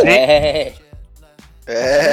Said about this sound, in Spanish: Señores. Sácale una cabra en la grabación.